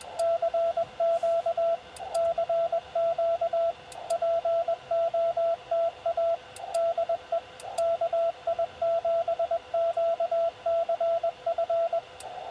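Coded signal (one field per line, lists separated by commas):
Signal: Morse code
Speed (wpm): 20 wpm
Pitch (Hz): 660 Hz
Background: radio noise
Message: CQ CQ POTA DE KI7QCF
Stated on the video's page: CW Parks On The Air activation in Utah.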